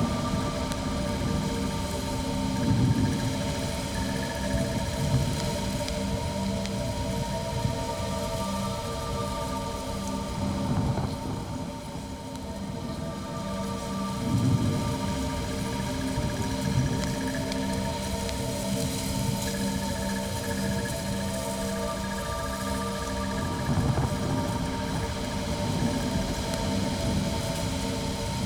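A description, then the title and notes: A dense, unbroken windstorm roars on an alien world, with a deep rumbling low end and a hissing top. Steady droning tones hang underneath, and heavier gusts swell up around 3, 14 and 24 seconds before settling back into the constant blast. Windstorm on Distant Planet.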